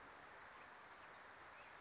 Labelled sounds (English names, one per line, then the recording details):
Wilson's Warbler
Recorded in Sonoma County, California